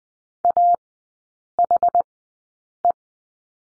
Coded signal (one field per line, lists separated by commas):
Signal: Morse code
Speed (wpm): 20 wpm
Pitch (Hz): 700 Hz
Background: none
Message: AHE